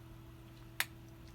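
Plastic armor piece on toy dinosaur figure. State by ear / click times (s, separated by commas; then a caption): seated / 0.8 s. A plastic armor piece is pressed onto a toy dinosaur figure, giving a single short, sharp snap at 0.8 s over a quiet, steady low hum. The top armor piece snaps into place, while the bottom one does not snap on.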